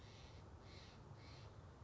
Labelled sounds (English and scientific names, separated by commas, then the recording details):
Steller's Jay (Cyanocitta stelleri)
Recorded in Sonoma County, California